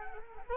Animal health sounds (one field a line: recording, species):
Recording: mosquito wingbeat signal from an infrared sensor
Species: Culex quinquefasciatus